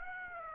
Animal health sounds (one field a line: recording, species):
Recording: mosquito wingbeat signal from an infrared sensor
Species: Aedes aegypti